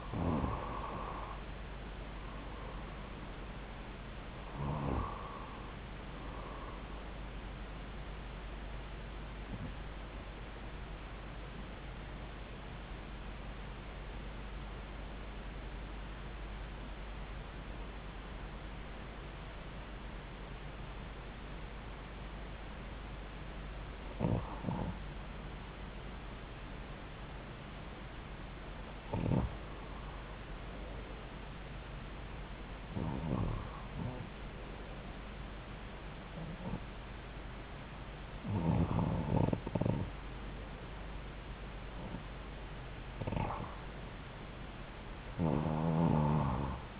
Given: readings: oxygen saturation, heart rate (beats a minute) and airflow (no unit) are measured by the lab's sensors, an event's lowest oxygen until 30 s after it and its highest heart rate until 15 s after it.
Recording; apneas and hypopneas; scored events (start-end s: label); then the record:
breathing in sleep by a voice recorder at the bedside; 1
12.00-31.70 s: hypopnea (REM, oxygen 96% highest, then 91% lowest)
From the record:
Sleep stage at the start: REM sleep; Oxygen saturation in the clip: 86 to 96%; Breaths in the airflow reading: 9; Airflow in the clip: -4.5 to 4.2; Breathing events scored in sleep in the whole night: 270 in 6.1 hours asleep